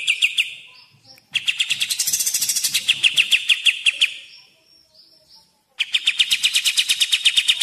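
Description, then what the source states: Grey-cheeked bulbul song: fast trains of sharp repeated chattering notes in bursts lasting a few seconds, with a quiet gap between them. Tutor recording (masteran) used for training caged songbirds.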